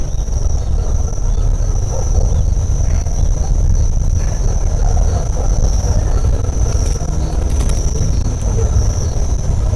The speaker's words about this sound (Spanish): Ese trueno continuo que hay bien al fondo es Santa Rosa, unos 5 kilómetros.